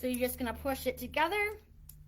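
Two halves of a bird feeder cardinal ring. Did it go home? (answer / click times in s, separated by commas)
no / none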